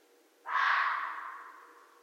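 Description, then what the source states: Red fox emitting one breathy, rasping call with an abrupt start and long decay, set against a soft continuous hum. Recorded 13 January 2012.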